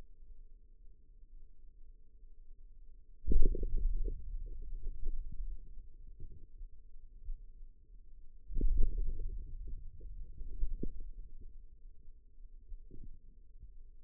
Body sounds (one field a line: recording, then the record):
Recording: forearm muscle sounds (acoustic myography)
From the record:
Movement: hand opening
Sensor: system 2, bracelet of six BSWA MPA416 microphones around the upper forearm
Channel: 4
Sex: male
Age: 22 years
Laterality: right